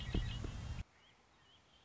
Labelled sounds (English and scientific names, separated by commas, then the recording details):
Red-winged Blackbird (Agelaius phoeniceus)
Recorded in Sonoma County, California